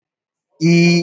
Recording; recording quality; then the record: sustained vowel as in beet; excellent, no background noise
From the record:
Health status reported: respiratory illness, not identified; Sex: male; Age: 21 years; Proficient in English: yes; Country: India